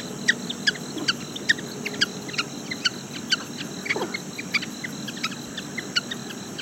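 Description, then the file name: Taipei frog calling with brief, sharp stacked notes in quick irregular series, a faint low hum beneath throughout. "Hylarana taipehensis"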